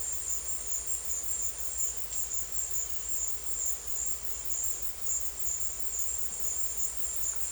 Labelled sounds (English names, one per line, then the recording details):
none
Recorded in dense forest near Puerto Asís, Putumayo, Colombia, on 22 December 2024 at 13:30
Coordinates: 0.482, -76.320
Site G021